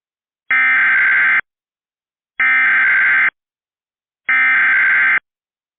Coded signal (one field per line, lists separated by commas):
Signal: Emergency Alert System (SAME) tones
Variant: header bursts